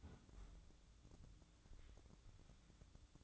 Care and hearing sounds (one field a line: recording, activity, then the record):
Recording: daily activity, microphone in the room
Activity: close fridge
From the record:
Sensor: 3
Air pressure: 1007.8 hPa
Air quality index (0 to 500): 79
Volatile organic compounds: 1 ppm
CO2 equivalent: 679 ppm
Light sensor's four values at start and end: 13/30/12/13 and 13/30/12/13